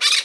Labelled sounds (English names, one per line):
Brown-throated Parakeet contact call